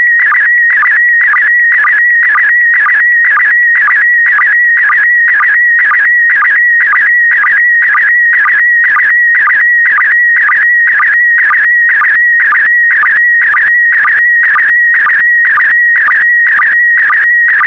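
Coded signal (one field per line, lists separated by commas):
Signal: SSTV (slow-scan television)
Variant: PD120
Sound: warbling tone around 2 kHz with a regular low sync blip about twice a second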